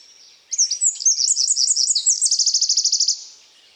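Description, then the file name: Eurasian wren gives a single energetic song burst of about two and a half seconds, quick piercing notes tumbling into a rattling high trill. "Troglodytes troglodytes"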